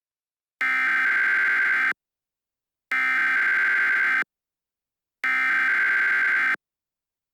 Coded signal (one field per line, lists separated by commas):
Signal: Emergency Alert System (SAME) tones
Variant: header bursts